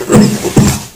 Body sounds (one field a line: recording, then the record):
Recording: coughing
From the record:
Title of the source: Mid-morning Winter Coughing Fit